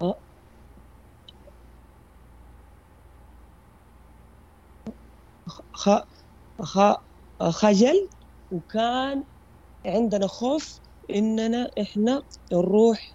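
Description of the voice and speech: After several seconds of near silence, an adult man speaking Arabic repeats an opening syllable twice, with pauses between, before completing the word, then continues haltingly with a stretched vowel and long pauses. These part-word repetitions are typical of stuttering, which he has had since childhood; he began stuttering therapy two years earlier.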